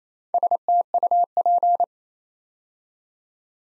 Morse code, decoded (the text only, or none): STUP